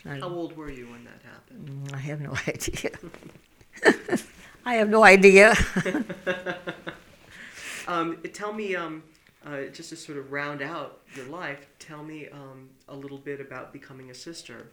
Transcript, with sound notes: How old were you when that happened?
I have no idea. ( she laughs ) I have no idea. ( they laugh )
Um, tell me, um, just to sort of round out your life, tell me a little bit about becoming a sister.